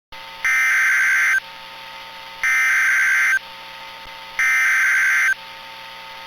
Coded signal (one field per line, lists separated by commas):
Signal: Emergency Alert System (SAME) tones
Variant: header bursts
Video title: 4/15/22 | EAS Arkansas Tornado Emergency - Jackson, Lawrence Randolph, Sharp